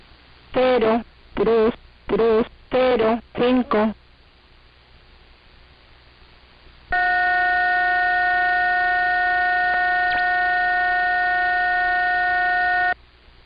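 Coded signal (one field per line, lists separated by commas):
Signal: numbers station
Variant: HM01, Spanish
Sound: five short evenly spaced spoken words, then a long steady buzzing multi-harmonic tone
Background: radio static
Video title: 17 01 2023 Numbers HM01 Cuban Spy in Spanish 1815 on 11635 Bejuca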